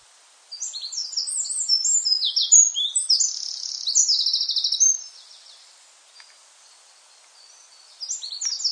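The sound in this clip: Eurasian wren pouring out a long, shrill song of rapid trills and metallic twitters for over four seconds, falling quiet, then starting another burst near the end.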